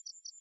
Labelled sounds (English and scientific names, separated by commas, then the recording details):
Yellowhammer (Emberiza citrinella) song
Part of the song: start
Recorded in the Czech Republic on 29 June 2014
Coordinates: 49.870, 13.873
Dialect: BhBl
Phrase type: B33
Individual h016